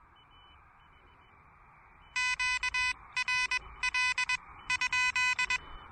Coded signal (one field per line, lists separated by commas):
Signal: Morse code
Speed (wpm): 21 wpm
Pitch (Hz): 2500 Hz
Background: none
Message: QRL ?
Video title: Elecraft KH1 Pedestrian Mobile Quickie POTA Activation!